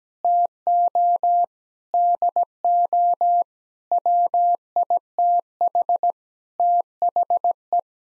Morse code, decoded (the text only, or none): TO DO WITH THE